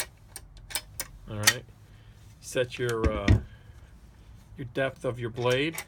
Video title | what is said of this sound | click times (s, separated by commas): RIDGID 18v octane circular saw Model# R8654 unboxing/review. | And it's nice, it clicks into place, if you can hear that. | 0.4 s, 0.6 s, 0.8 s, 1.0 s